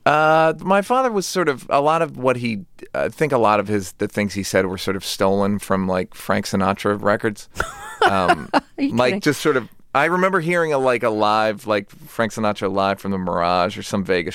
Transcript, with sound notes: My father was sort of - a lot of what he - I think a lot of his - the things he said were sort of stolen from, like, Frank Sinatra records.
(Laughter) Are you kidding?
Like, just sort of - I remember hearing a, like, a live, like, Frank "Sinatra Live From The Mirage" or some Vegas show.